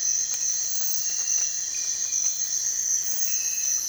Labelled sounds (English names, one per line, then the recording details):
none
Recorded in dense forest near Puerto Asís, Putumayo, Colombia, on 27 June 2025 at 03:30
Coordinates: 0.468, -76.322
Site GP03